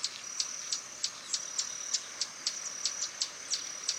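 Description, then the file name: Swallow-tailed hummingbird giving a steady series of sharp high chips over a steady shrill hum. "Canto do beija flor tesoura"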